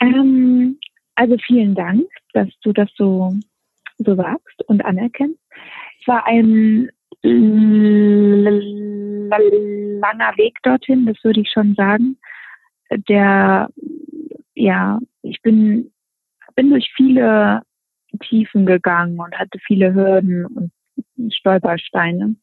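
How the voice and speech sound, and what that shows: An adult woman speaks German with word repetitions, a long block before a stretched sound, and drawn-out fillers: stuttering. She had a four-week intensive stuttering therapy at age 15.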